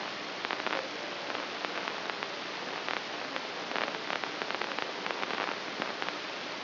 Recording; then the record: brain microelectrode recording played as sound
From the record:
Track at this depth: inside the subthalamic nucleus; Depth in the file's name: 2.523 mm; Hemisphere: right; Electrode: 2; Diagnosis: Parkinson's disease